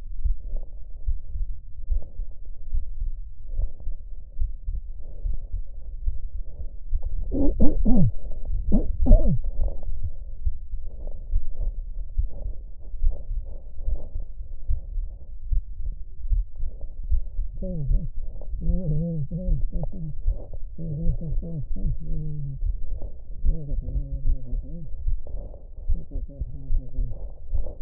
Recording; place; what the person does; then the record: lung sounds by stethoscope; right posterior apical chest; quiet breathing, then cough and speech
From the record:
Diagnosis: interstitial lung disease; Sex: male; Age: 72 years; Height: 167 cm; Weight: 74 kg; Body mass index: 26.5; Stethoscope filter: extended mode